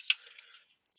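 The clip of the first wheelchair tie-down strap is pushed off its ramp-and-lock anchor on the vehicle floor, with the dot on the strap fitting lined up with the dimple on the car. One sharp clack comes at 0.1 s, followed by faint rustling and a brief hiss near the end. The strap clip is released from the anchor.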